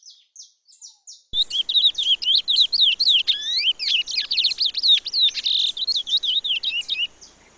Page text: Curió (Sporophila Angolensis) #natureza #cantodocurio